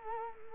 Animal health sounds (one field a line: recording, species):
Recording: mosquito wingbeat signal from an infrared sensor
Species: Culex quinquefasciatus